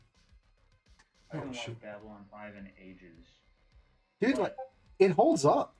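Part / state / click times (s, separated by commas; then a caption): plastic model kit part into mating part of the kit / not seated / none. A plastic model kit part is handled against its mating part of the kit during a build, but it has not seated or clicked yet. Someone talks over the quiet handling sounds, with a faint tick near 1.0 s.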